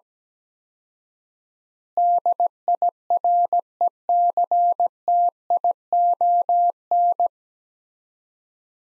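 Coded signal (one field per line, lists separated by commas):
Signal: Morse code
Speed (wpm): 17 wpm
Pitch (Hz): 700 Hz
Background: none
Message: DIRECTION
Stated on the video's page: Morse practice set of four-word phrases at 17 wpm with 4x word spacing, similar to Farnsworth method; each set is followed by spoken version.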